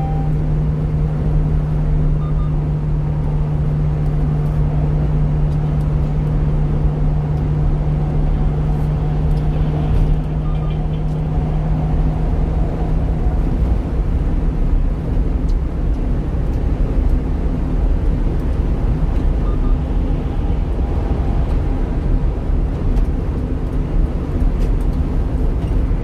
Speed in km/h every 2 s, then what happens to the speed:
93, 93, 93, 93, 95, 98, 102, 105, 109, 111, 109, 109, 108.
0-9 steady at about 93. 9-17 speeds up to 111. 17-26 steady at about 109.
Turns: none.